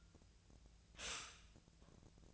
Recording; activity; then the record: daily activity, microphone in the room; stop toaster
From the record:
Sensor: 2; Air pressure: 1009.2 hPa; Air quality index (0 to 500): 187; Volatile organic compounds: 12 ppm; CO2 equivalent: 2327 ppm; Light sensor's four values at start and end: 23/57/24/26 and 23/57/24/26